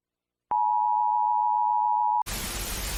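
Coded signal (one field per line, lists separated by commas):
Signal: Emergency Alert System (SAME) tones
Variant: 853 and 960 Hz attention tone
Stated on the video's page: Recreated Kuwait alarm made with Flipaclip animation, extended version.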